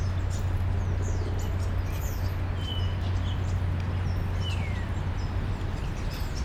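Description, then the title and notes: European starling whistles and chirps: scattered sliding whistles and short high notes over loud, constant low traffic rumble. Starlings in plane trees in an urban park, Molenbeek-Saint-Jean, Brussels, Belgium; car and tram traffic audible; recorded with Lom mikroUsi microphones into a Deity PR-2. "Parc Pierron, Molenbeek-Saint-Jean, Bruxelles-Capitale, Belgique - Starlings in plane trees. étourneaux"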